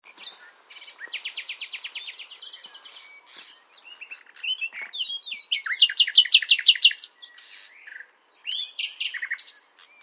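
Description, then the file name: Common nightingale singing: a steady run of repeated notes, then a brief whistle, then loud rapid repeated phrases and buzzy flourishes, with short pauses between phrases. "Luscinia megarhynchos"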